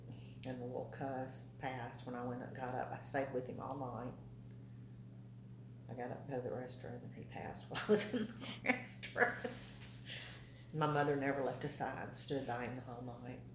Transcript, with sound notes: And the little cuss passed when I went up, got up — I stayed with him all night, I got up to go to the restroom, he passed while I was in the restroom. (laughter) My mother never left his side. Stood by him the whole night.